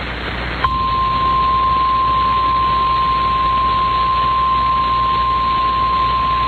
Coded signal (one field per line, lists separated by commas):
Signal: Emergency Alert System (SAME) tones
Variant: 1050 Hz attention tone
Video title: EAS PDS Tornado Warning for Dale County, Alabama (EAS #112)